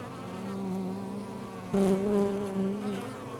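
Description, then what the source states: Honey bee buzz, a constant low hum suddenly joined by a louder, slightly wavering buzz of a single bee passing close by. Recorded outside a beehive.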